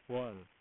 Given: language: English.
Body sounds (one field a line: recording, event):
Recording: throat vibration sensor signal played as sound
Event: speech